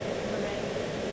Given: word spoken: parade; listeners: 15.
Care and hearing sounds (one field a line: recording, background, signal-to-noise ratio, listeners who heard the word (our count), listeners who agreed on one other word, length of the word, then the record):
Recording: one English word in noise, from a listening test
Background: speech-shaped noise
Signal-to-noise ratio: -6.8 dB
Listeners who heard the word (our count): 3 of 15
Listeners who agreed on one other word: 7 of 15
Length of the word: 0.72 s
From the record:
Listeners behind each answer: 7, 3, 1, 1, 1, 1, 1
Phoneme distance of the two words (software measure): 38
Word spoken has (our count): 2 syllables, 5 phonemes, stress on syllable 2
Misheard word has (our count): 2 syllables, 5 phonemes, stress on syllable 2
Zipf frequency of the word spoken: 4.22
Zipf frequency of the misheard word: 4.66